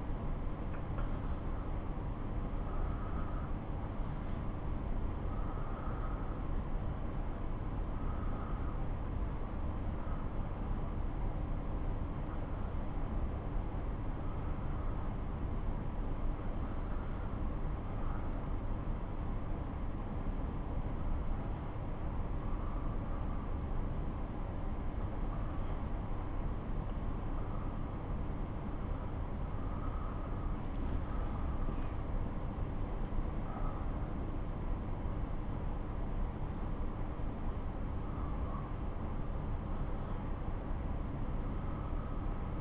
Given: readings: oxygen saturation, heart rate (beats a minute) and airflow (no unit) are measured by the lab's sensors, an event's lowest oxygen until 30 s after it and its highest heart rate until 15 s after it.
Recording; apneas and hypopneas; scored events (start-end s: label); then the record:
a person awake in a sleep study, by a smartphone at the bedside; none
0.00-42.61 s: awake
From the record:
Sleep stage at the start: awake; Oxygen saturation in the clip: 93 to 95%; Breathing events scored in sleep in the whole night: 217 in 6.3 hours asleep